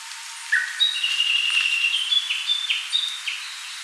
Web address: sound Archives -Cettia diphone